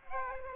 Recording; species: mosquito wingbeat signal from an infrared sensor; Aedes aegypti